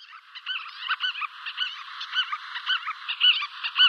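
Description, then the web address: White-tailed lapwing alarm calls: many short, rapid, slurred notes, some rising and falling, tumbling over each other in an excited, fairly continuous chatter. "Schulze Peter White-tailed Lapwing alarmcalls"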